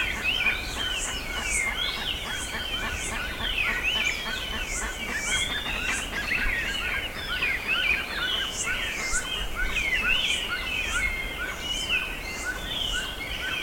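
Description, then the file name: Bird chorus lasting throughout, thick with repeated high chirps, buzzy trills and sharp short notes from many callers at once. "SABIOD 50 bird 2015"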